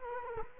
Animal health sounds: mosquito wingbeat signal from an infrared sensor; Culex quinquefasciatus

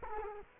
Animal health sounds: mosquito wingbeat signal from an infrared sensor; Culex quinquefasciatus

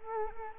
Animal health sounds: mosquito wingbeat signal from an infrared sensor; Culex quinquefasciatus

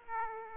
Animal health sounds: mosquito wingbeat signal from an infrared sensor; Aedes aegypti

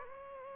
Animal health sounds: mosquito wingbeat signal from an infrared sensor; Aedes aegypti

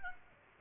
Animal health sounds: mosquito wingbeat signal from an infrared sensor; Aedes aegypti

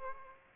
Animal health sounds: mosquito wingbeat signal from an infrared sensor; Aedes aegypti

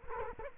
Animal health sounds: mosquito wingbeat signal from an infrared sensor; Culex quinquefasciatus

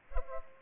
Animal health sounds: mosquito wingbeat signal from an infrared sensor; Culex pipiens

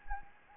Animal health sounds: mosquito wingbeat signal from an infrared sensor; Anopheles gambiae

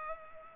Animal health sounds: mosquito wingbeat signal from an infrared sensor; Culex pipiens

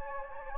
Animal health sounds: mosquito wingbeat signal from an infrared sensor; Anopheles gambiae

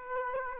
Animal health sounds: mosquito wingbeat signal from an infrared sensor; Aedes aegypti

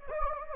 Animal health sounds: mosquito wingbeat signal from an infrared sensor; Anopheles gambiae

